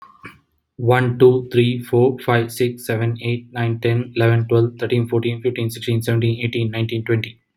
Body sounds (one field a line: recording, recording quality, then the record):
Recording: counting at a fast pace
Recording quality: excellent, no background noise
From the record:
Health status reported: healthy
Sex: male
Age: 37 years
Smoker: yes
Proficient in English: yes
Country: India